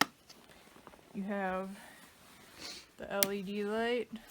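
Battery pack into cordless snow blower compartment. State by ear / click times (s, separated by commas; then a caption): seated / 0.0 s. A 40 V lithium battery pack is slid into the plastic battery compartment of a Snow Joe iON18SB 18-inch cordless single-stage snow blower, and a sharp, loud click sounds at 0.0 s as it seats. After a quiet stretch, someone talks.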